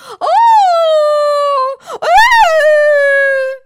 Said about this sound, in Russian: Вдруг закричала она. Встревоженная Алиса пыталась что-то сказать, но королева уже не просто кричала, а дико вопила. Алиса, чтобы не оглохнуть, заткнула уши.